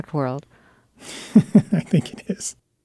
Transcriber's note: soundbite of laughter